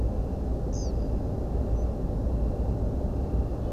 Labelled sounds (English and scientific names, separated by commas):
European Pied Flycatcher (Ficedula hypoleuca), unidentified bird